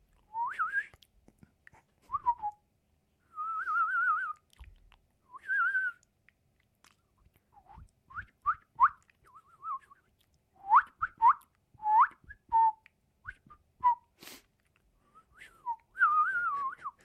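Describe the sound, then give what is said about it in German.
A person whistles a sparrow imitation: a long run of short, chirpy, high whistled notes and brief trills in irregular bursts, with little pauses between phrases, and no speech. “natürlich kann ich den Spatz machen.”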